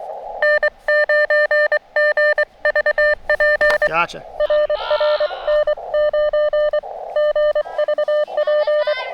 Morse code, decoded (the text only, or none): N9GVP RR N9GVP